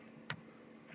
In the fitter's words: in there you feel it just snap right in there there goes it's in there yeah you